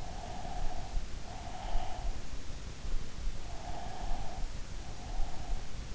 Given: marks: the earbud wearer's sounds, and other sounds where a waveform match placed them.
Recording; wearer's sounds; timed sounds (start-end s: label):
sounds in sleep by an in-ear microphone; breath
0.11-2.09 s: breath
3.63-5.95 s: breath